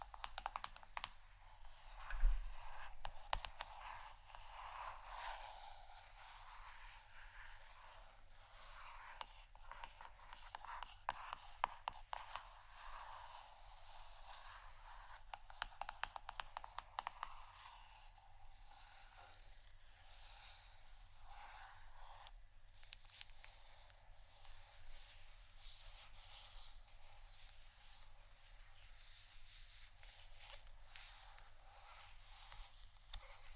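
Fingers tap and scratch plastic bottles in busy, crackly bursts for about twenty seconds, then settle into a softer, steady scratching hiss.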